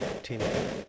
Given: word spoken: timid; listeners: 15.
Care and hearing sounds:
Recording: one English word in noise, from a listening test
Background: noise modulated by three-talker babble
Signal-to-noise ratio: -7.5 dB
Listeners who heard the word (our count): 0 of 15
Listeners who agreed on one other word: 10 of 15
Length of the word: 0.49 s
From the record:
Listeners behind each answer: 10, 2, 1, 1, 1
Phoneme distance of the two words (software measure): 24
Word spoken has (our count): 2 syllables, 5 phonemes, stress on syllable 1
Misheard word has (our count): 1 syllable, 3 phonemes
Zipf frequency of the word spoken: 3.23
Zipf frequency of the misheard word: 4.35

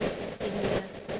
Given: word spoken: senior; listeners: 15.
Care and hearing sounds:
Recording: one English word in noise, from a listening test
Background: noise modulated by three-talker babble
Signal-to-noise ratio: -6.4 dB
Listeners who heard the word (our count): 0 of 15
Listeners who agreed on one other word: 7 of 15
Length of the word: 0.80 s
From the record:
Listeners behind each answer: 7, 3, 2, 1, 1, 1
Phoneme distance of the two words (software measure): 30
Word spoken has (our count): 2 syllables, 4 phonemes, stress on syllable 1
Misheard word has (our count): 2 syllables, 4 phonemes, stress on syllable 1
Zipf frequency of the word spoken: 4.62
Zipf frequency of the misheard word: 4.48

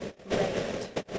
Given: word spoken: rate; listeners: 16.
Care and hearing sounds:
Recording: one English word in noise, from a listening test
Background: noise modulated by three-talker babble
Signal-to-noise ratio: -7.5 dB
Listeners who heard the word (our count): 5 of 16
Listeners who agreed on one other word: 7 of 16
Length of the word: 0.79 s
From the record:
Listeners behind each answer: 7, 5, 1, 1, 1, 1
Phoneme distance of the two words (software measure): 7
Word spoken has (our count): 1 syllable, 3 phonemes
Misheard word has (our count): 1 syllable, 4 phonemes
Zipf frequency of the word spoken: 4.85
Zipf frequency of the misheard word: 6.00

